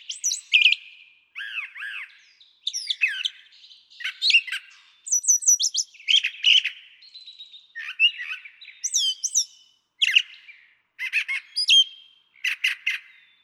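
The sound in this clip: Brown Thrasher song with rapid, varied phrases, some notes given in quick pairs, alternating clear whistles, rattling chips and harsh notes, with short pauses between phrases.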